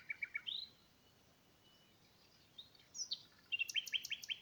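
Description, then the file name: Common nightingale song: quick repeated chips, a whistled slur, a gap, a descending slurred note, then a loud, fast series of repeated notes. "Luscinia megarhynchos"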